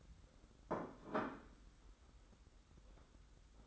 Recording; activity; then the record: daily activity, microphone in the room; place plate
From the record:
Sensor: 3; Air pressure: 991.7 hPa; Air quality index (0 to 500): 179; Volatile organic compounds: 1000 ppm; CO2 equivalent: 5973 ppm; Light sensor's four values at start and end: 24/73/30/27 and 24/74/30/27